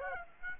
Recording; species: mosquito wingbeat signal from an infrared sensor; Aedes aegypti